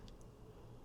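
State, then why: Not seated. A DJI Mic 2 wireless microphone transmitter is handled at the plastic accessory mount of a DJI Osmo Pocket 3 pocket gimbal camera, ready to be pushed in. Only a faint, brief high tick near 0.1 s sits over a steady low background rumble. Nothing has seated or clicked into the mount yet.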